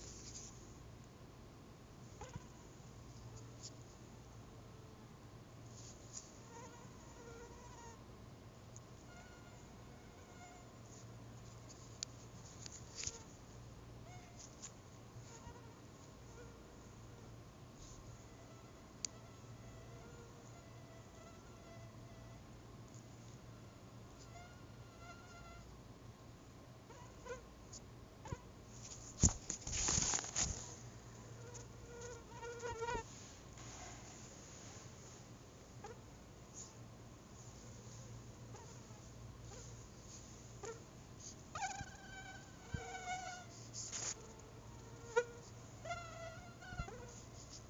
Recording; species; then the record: mosquito flight sound by mobile phone; Anopheles albimanus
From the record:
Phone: Google Nexus